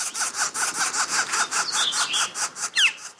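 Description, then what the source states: Northern flicker giving raspy, grating calls in an uneven series, with a brief whistled note near the end. Young bird calling from the ground, at the time of year when juveniles leave their nests.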